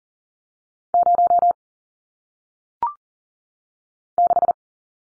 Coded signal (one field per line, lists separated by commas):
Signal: Morse code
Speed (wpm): 40 wpm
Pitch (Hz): 700 Hz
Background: none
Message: 0 6